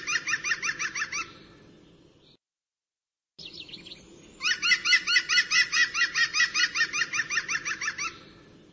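Bird calling in fast runs of harsh, harmonic notes, a short pause, then a longer steady burst of the same repeated notes.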